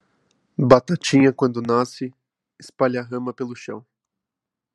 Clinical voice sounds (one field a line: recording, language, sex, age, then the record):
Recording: short text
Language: Brazilian Portuguese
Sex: male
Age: 20 to 29 years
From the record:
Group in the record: control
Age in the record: 26 years